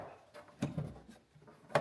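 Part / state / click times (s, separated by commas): plastic trim shield into the inner tailgate panel / seated / 0.6 s, 1.8 s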